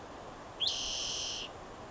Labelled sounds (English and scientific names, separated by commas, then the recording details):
Spotted Towhee (Pipilo maculatus)
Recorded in Sonoma County, California